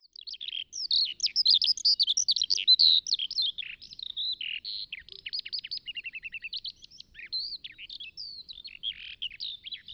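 Eurasian skylark song, a rapid stream of high chirps, warbles and brief buzzy trills, varying constantly.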